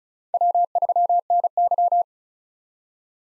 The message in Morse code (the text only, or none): W3NY